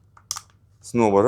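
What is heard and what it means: After first being put in the wrong way round, an Insta360 X5 action camera battery is turned and pushed into the top slot of a multi-slot charging hub. It seats with a sharp, loud click at 0.3 s, with faint ticks just before and after. Someone then starts to talk.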